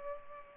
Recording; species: mosquito wingbeat signal from an infrared sensor; Culex pipiens